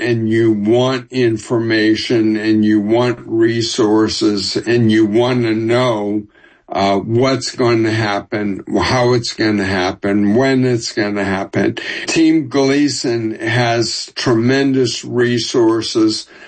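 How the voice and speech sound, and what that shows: Adult man with ALS speaking with heavy nasal resonance, drawn-out sounds and slightly slowed delivery: dysarthria. Symptoms began in November 2022 with sudden 'herky-jerky' walking; ALS was diagnosed in January 2025. He was formerly a fast talker.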